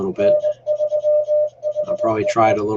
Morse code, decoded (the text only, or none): N3HEE